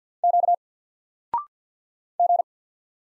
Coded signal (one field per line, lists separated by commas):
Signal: Morse code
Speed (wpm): 48 wpm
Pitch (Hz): 700 Hz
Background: none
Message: Q G